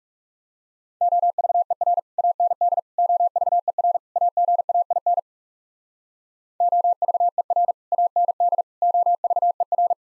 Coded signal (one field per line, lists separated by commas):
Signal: Morse code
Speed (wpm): 40 wpm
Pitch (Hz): 700 Hz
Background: none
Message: OVER AND OVER AGAIN OVER AND OVER